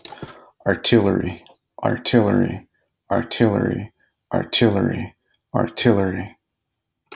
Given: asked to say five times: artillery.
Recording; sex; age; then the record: repeated word; male; 30 to 39 years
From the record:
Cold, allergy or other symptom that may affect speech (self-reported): no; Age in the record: 31 years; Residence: California, United States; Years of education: 17